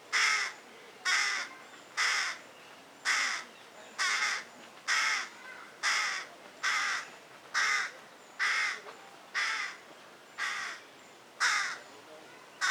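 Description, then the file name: Carrion crow delivering a long regular series of harsh caws, about one every second, around thirteen calls with little else audible. "Corvus corone"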